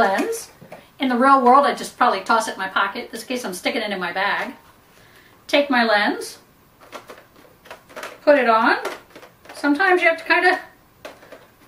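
Someone talks while bringing an interchangeable lens up to a DSLR camera body mount and lining it up before twisting, with brief soft handling taps around 7.1 and 7.7 seconds and another at 11.1 seconds. The lens has not yet seated or clicked into the mount.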